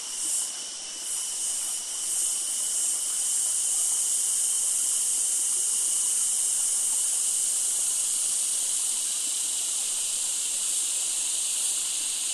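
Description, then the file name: Cicada: steady shrill drone of cicadas, a dense high-pitched hiss with slight wavering early on, then an unbroken wall of insect sound. Forest ambience in summer, Australia, by a creek, with loud insects. "zapsplat nature forest ambience summer creek close by loud insects cicada australia"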